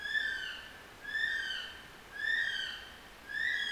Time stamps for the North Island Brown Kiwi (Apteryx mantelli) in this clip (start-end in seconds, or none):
0.00-3.72